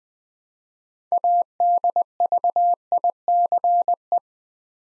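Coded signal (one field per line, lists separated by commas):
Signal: Morse code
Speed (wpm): 21 wpm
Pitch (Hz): 700 Hz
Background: none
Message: ADVICE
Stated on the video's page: Morse practice set at 20 wpm building 6-letter words two letters at a time for instant character recognition.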